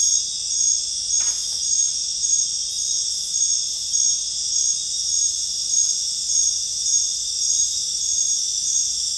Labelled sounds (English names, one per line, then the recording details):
none
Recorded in dense forest near Puerto Asís, Putumayo, Colombia, on 26 December 2024 at 21:30
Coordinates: 0.484, -76.325
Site G056